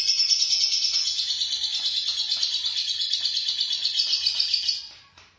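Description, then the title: Lovebird song: a long, unbroken buzzy chatter of fast, high pulses that holds steady for nearly five seconds, then fades out. "BM Suara Burung Lovebird"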